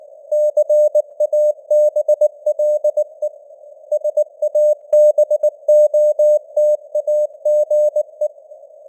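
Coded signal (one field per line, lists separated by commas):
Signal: Morse code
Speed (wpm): 19 wpm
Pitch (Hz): 600 Hz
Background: none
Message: CABLE SABOTAGE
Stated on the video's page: Morse news headlines at 19wpm with simulated radio noise and varying signal strength (QSB).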